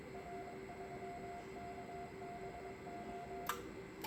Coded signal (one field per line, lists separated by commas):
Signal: Morse code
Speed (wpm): 23 wpm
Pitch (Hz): 700 Hz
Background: none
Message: R3KBO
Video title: HF/6m power amplifier 500W for W5SQK